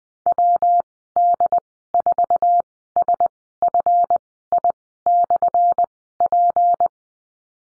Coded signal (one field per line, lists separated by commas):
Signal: Morse code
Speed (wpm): 20 wpm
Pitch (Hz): 700 Hz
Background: none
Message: WD4SFI/P